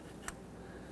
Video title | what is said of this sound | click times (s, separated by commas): How to Replace Ignition Coils 2006-2010 Hummer H3 3.7L L5 | You're going to feel and hear it click, and then press the lock on. | 0.3 s